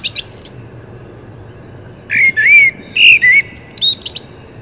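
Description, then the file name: Common blackbird song: a short burst of high twitters, then low fluty warbled notes from about two seconds in, ending in thin, high squeaky twittering. "Turdus merula"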